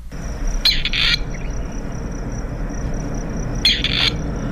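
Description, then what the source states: Gray partridge giving two harsh, scratchy, rasping calls about three seconds apart, each broken into short grating bursts, over a steady low background rumble. Played as a mystery bird on a radio programme.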